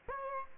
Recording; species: mosquito wingbeat signal from an infrared sensor; Aedes aegypti